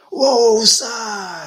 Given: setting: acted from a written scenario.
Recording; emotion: vocal sound without words; ecstasy